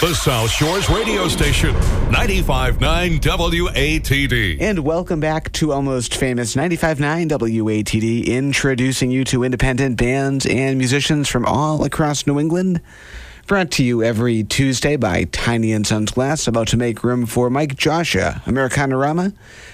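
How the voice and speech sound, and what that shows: A station ID for 95.9 WATD, then a male host of the radio show Almost Famous reads announcements in a clear, fluent, typical adult speaking voice.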